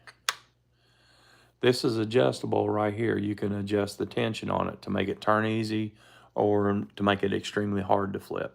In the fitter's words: This has a detent made into the turning mechanism. I'm sure you guys can hear it click.